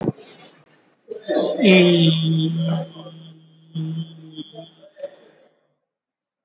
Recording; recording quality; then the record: sustained vowel as in beet; excellent, no background noise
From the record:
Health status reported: COVID-19 positive, mild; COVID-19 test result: positive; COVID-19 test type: RT-PCR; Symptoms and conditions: sore throat, hypertension, diabetes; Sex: male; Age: 50 years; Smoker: no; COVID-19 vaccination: both doses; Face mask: not worn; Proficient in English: yes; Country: India